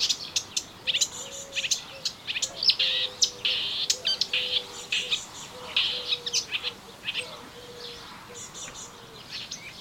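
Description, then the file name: Melodious warbler song: fast, scratchy warbling and chirps, densely packed, thinning toward the end. Recorded in a garden on 25 June 2017. "Orpheusspötter 2017 06 25 Garten"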